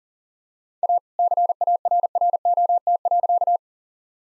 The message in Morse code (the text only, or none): A CARROT.